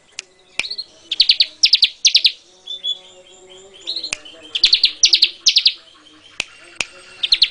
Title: Suara Burung Ciblek